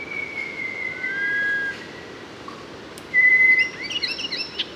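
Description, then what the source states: Mangrove robin song of long, pure whistles, slightly falling, followed by a clear steady whistle, with quick chirping notes at the end. Papua New Guinea.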